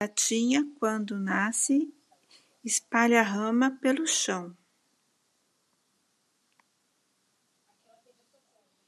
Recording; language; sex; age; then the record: short text; Brazilian Portuguese; female; 50 to 59 years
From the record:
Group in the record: control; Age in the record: 55 years